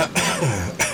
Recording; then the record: coughing mixed with background sound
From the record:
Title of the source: Dry Coughing Fit in the Afternoon.